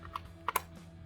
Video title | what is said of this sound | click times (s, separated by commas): Ruger American "Go Wild" Chambered in 30.06 Goes Anywhere You Want!! | pops back in nice audible click nice and secure there's no wiggle | 0.5 s, 0.6 s